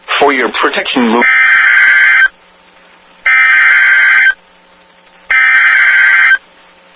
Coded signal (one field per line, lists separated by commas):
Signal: Emergency Alert System (SAME) tones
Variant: header bursts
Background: speech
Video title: Your daily dose of Wisconsin EAS's